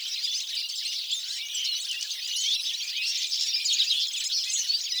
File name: Carduelis carduelis